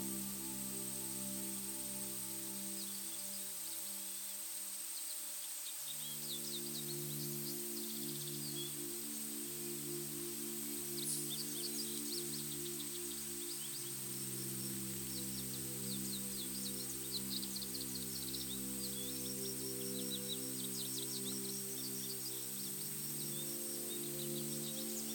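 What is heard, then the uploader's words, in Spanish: Calm music of sustained low humming tones shifts chords around 6, 14 and 23 seconds, over steady forest hiss with faint scattered bird chirps. Sonido del BOSQUE aliado a una MÚSICA Calma. Sumérgete en el corazón de un bosque frondoso, donde el suave murmullo de las hojas, el canto de los pájaros y el temblor de los árboles crean una sinfonía relajante.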